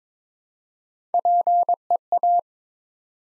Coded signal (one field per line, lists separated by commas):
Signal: Morse code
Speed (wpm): 22 wpm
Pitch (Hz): 700 Hz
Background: none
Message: PEA